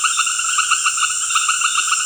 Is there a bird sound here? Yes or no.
no